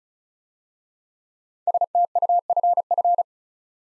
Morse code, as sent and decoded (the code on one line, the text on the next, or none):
... - ..- ..-. ..-.
STUFF